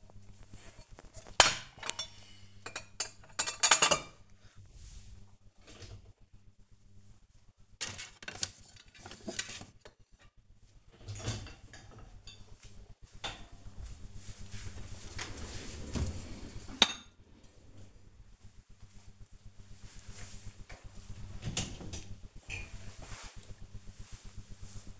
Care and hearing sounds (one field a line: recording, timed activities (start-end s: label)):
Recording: household activities, microphone on the right wrist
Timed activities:
0.00-25.00 s: cleaning out the dishwasher